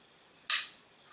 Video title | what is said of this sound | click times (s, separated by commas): H&K USP .45 Changing Safety Selector / Decocker Lever - Trigger Spring Replacement | ah hear that little click now it's centered i didn't even know i was gonna get a click that was a little bonus click | 0.5 s